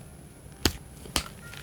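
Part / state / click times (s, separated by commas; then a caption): headphone hinge detent in the headband / seated / 0.7 s, 1.2 s. The hinge or headband adjuster of a Baseus H1i headphone, a plastic and metal hinge in the headband, is moved into its detent positions. It gives two sharp, loud clicks at 0.7 s and 1.2 s, louder than on another headphone. Both clicks seat the hinge into position.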